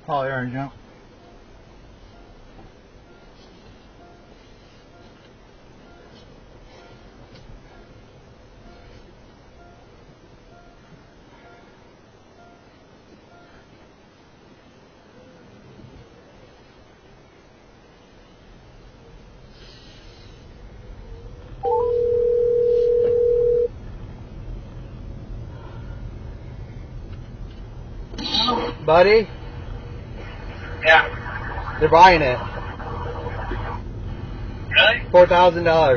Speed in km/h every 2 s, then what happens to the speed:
2, 2, 2, 2, 2, 2, 2, 2, 2, 2, 11, 18, 26, 24, 24, 29, 32, 37.
0-19 standing. 19-24 pulls away to 26. 28-36 speeds up to 37.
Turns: none.